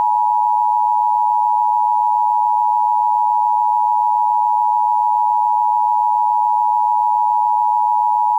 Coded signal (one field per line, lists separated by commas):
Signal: Emergency Alert System (SAME) tones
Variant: 853 and 960 Hz attention tone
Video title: EAS Alert - October 23, 2077 (Fake, duh)